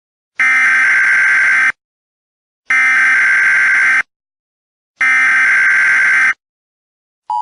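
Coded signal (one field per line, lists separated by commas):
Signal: Emergency Alert System (SAME) tones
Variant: header bursts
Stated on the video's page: Mock EAS scenario.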